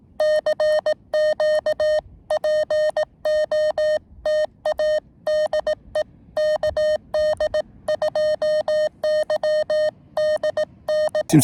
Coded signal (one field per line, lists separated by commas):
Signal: Morse code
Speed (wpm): 17 wpm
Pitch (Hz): 610 Hz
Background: none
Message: CQ POTA DE KD2YDN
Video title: KD2YDN activating W2/GC-010 Summits On The Air QRP (SOTA) & K-5108 Parks On The Air (POTA)